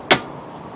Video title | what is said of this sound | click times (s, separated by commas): Bmw E39 5 -Series Windshield Wiper Blade Removal 525i 530i 540i | okay you heard that that's a pop | 0.1 s